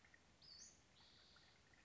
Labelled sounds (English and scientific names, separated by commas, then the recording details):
Western Flycatcher (Empidonax difficilis)
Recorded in Sonoma County, California